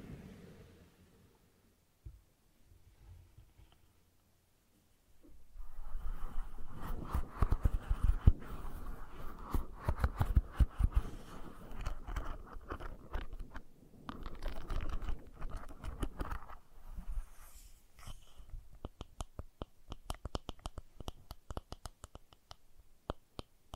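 Brushing and scratching sounds start after a quiet opening of about five seconds, with only a faint low rumble and one soft tap before. From around five seconds, dense, irregular scratchy strokes and crisp taps fill the clip, thinning slightly near seventeen seconds, then continuing in quicker bursts.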